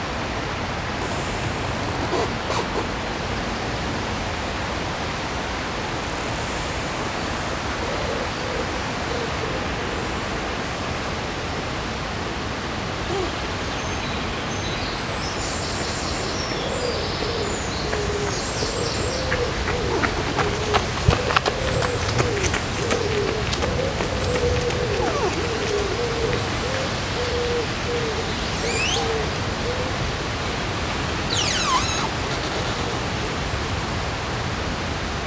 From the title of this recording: Sounds along the river in Odense, Denmark